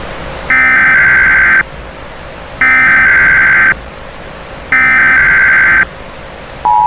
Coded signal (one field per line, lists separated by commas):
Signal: Emergency Alert System (SAME) tones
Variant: header bursts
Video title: EAS Scenario Cartooned to life p1 [unfinished]